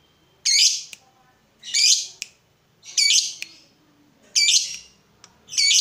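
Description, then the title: Yellow-vented bulbul repeating loud, scratchy chattering bursts at fairly even intervals of over a second, with sharp clicks between them. Used as a bird lure (pikat). "PIKAT TRUCUKAN"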